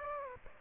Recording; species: mosquito wingbeat signal from an infrared sensor; Aedes aegypti